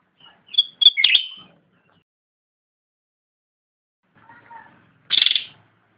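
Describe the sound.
Greater green leafbird song: a quick burst of sharp, varied chirps, a long silence, then a faint twitter and one loud harsh buzzy note.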